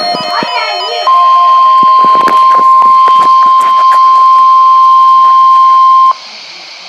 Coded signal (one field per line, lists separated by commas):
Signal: Emergency Alert System (SAME) tones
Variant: 1050 Hz attention tone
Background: speech, music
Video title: Noaa weather radio EAS#87 RWT